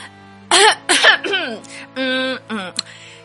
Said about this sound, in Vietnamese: Dandelion hắng giọng và cố lảng tránh khỏi chủ đề nguy hiểm này.